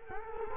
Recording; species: mosquito wingbeat signal from an infrared sensor; Culex quinquefasciatus